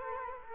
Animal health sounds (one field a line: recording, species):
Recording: mosquito wingbeat signal from an infrared sensor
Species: Culex quinquefasciatus